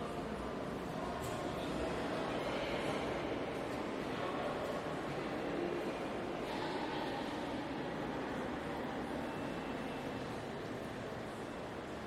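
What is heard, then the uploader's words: Central Station fills the space with a dense, steady rumble of trains and crowd noise, a low roar that barely changes over the twelve seconds. Faint voices and scattered clanks surface now and then, with brief brighter clatters near two and six seconds. I really do like the sound of Central Station.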